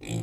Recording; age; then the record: pig call; weaner (32 to 43 days)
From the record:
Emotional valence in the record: negative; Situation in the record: long isolation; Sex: female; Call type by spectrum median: low-frequency call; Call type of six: low-frequency stable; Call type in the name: low-frequency stable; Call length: 0.23 s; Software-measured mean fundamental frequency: 57 Hz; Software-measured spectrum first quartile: 163 Hz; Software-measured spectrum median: 436 Hz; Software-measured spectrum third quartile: 3252 Hz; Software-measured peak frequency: 124 Hz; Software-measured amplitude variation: 117 dB a second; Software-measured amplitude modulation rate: 36.5 a second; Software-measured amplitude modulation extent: 3.2 dB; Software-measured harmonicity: 4.7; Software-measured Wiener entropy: -3.63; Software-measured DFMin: 1187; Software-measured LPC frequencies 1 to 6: 2401, 3368, 3864, 5016, 7470, 7901 Hz